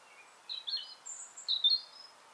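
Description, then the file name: European robin song: scattered high, thin notes in short bursts, including a very high whistle, with pauses between the brief phrases. "Erithacus rubecula"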